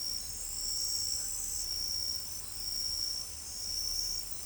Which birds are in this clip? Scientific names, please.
none